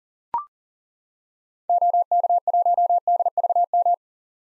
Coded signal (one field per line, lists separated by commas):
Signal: Morse code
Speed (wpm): 40 wpm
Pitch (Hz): 700 Hz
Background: none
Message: OK1DVM